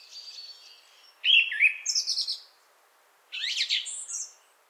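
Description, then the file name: Song thrush song: varied bright, squeaky phrases in a few bursts with pauses between. "Pevchii drozd"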